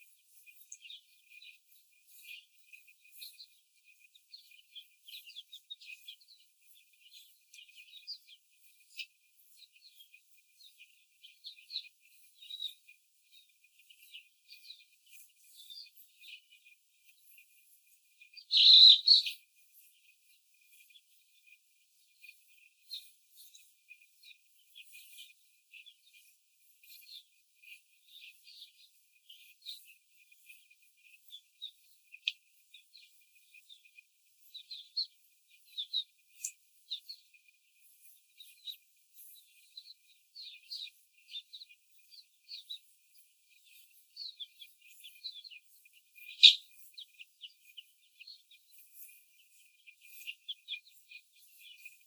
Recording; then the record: young laying hens in a cage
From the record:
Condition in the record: before the stressor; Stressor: simulated dog barking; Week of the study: 4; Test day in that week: 1